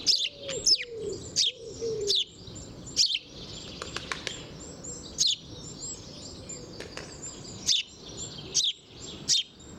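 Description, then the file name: House sparrow uttering single harsh chirps spaced a second or more apart, a brief coo early on and faint background twitter. "Passer domesticus"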